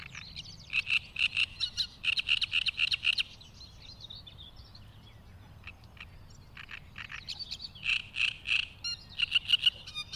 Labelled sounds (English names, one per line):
Great Reed Warbler song